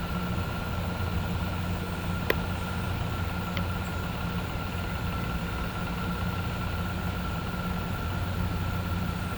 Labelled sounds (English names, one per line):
none